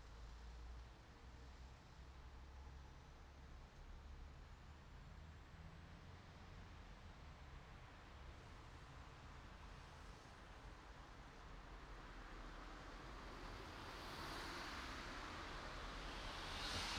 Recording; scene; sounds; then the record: everyday scene through a hearing-aid microphone; in traffic; traffic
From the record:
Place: city secondary road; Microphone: in the ear canal, right